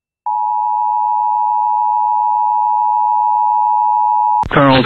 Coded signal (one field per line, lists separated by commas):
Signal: Emergency Alert System (SAME) tones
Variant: 853 and 960 Hz attention tone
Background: speech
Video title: Short But Sweet EAS Alerts From 5/12/24 EAS #641-651